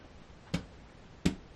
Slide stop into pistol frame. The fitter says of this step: you have to go a little bit below the hole push down and up and then it pops into place